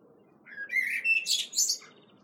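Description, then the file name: Common blackbird: one short song phrase, rising fluty notes that climb into a high, squeaky, chattering flourish. "Turdus merula"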